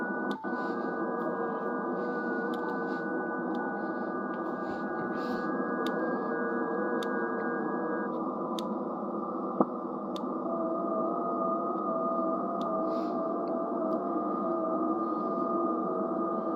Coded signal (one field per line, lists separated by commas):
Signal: FT8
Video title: after 3 hrs. ftdx3000 ham radio ft8 works.